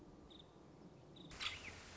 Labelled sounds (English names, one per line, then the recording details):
Nuttall's Woodpecker
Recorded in Sonoma County, California